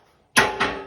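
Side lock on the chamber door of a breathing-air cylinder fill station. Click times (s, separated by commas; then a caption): 0.6 s. While closing the chamber of an SCBA breathing-air cylinder fill station, the operator releases the small side lock and pulls the chamber door until it locks in place. A loud clatter starts at about 0.35 s, then a single sharp metallic latch sound comes at 0.6 s and rings out. The chamber lock latches in place.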